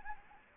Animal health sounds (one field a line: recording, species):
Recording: mosquito wingbeat signal from an infrared sensor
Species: Anopheles gambiae